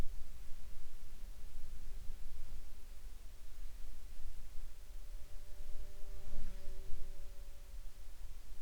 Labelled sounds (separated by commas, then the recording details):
insects
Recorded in the Arctic National Wildlife Refuge, Alaska, on 19 July 2021 at 23:01
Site 42